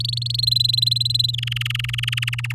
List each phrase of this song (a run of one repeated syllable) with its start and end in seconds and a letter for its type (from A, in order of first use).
0.00-0.45 A, 0.47-1.31 B, 1.33-2.53 C